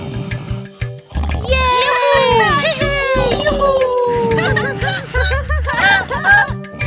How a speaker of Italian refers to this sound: Poco dopo i bambini cominciarono a fare rumore nella casa. Questo svegliò il contadino, che iniziò a giocare con loro.